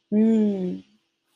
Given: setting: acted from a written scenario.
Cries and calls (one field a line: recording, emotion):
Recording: vocal sound without words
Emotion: relief